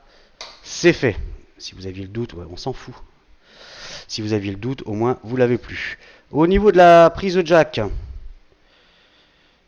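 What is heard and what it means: A protective case edge is being pressed onto a Mlais M7 smartphone near the headphone jack. Someone talks throughout, with a short sharp sound at 0.4 s. The clip ends before the part goes home, and nothing has seated or clicked yet.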